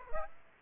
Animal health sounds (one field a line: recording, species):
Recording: mosquito wingbeat signal from an infrared sensor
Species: Aedes aegypti